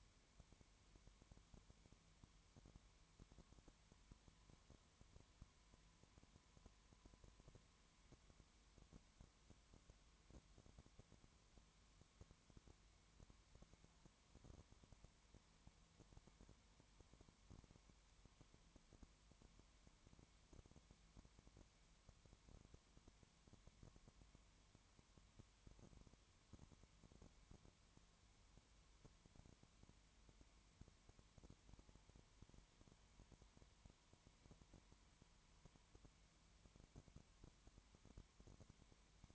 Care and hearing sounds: daily activity, microphone in the room; no activity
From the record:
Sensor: 3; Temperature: 20.1 degrees Celsius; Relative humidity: 31.4%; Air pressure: 1001.3 hPa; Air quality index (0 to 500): 73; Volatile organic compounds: 1 ppm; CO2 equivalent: 686 ppm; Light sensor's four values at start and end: 2/3/2/2 and 2/3/2/2

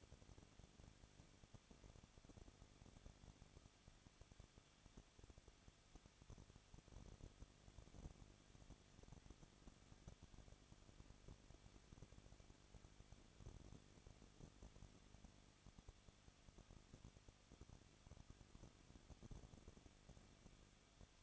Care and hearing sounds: daily activity, microphone in the room; no activity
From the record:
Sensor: 4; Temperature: 23.1 degrees Celsius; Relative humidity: 34.1%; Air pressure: 1007.2 hPa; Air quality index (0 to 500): 214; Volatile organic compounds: 14 ppm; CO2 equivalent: 2470 ppm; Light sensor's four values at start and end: 2/3/1/1 and 2/3/1/1

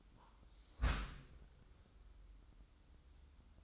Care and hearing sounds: daily activity, microphone in the room; close dishwasher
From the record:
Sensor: 3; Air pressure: 994.4 hPa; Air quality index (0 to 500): 209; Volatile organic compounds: 1000 ppm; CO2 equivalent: 6990 ppm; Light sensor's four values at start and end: 212/513/218/219 and 212/513/218/219

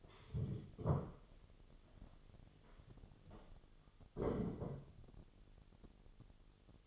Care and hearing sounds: daily activity, microphone in the room; stand up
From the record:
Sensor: 4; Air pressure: 1016.1 hPa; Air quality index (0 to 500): 184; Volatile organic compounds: 8 ppm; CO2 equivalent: 2099 ppm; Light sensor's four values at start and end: 9/20/8/7 and 9/20/8/7

